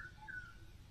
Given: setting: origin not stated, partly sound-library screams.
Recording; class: one-second piece from a danger detection set; normal situation